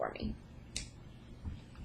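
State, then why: Seated. Someone talks as a zipper bracelet is wrapped around and its outer snap button is pressed onto the inner snap. A sharp little click at 0.8 s marks the snap closing, and the bracelet is fastened.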